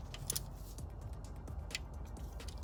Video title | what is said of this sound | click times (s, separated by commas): E90 M3 DCT Fluid and Filter Change DIY Guide Transmission Oil E92 E93 BMW | all right there's the click | 0.3 s